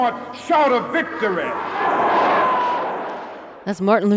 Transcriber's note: soundbite of crowd noise